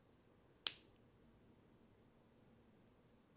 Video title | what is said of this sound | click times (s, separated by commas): Brickcraft Bumble and Rudolph Christmas Tree Build | I don't know if y'all heard that snap. That snapped pretty good, though. | 0.7 s